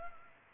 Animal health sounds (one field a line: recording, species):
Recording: mosquito wingbeat signal from an infrared sensor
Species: Culex pipiens